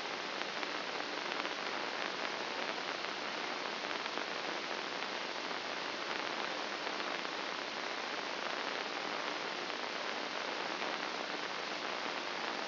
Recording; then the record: brain microelectrode recording played as sound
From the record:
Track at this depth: inside the subthalamic nucleus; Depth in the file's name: 2.834 mm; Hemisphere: left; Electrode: 2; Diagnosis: Parkinson's disease